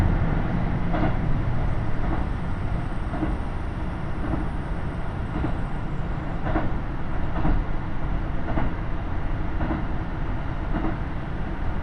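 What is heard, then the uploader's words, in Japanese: A KiHa 75 diesel railcar runs on the Taita Line from Mino-Ota toward Tajimi, with a steady, dense low rumble throughout. Short clacks from the rails come about once a second at a fairly even pace, over a constant engine and running hum. 耳で楽しむ鉄道旅 太多線 美濃太田→多治見キハ75。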